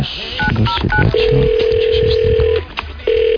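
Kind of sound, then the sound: signal or alarm, telephone number being dialed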